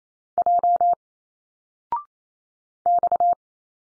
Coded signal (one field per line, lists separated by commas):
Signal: Morse code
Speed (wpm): 28 wpm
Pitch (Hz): 700 Hz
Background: none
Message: J X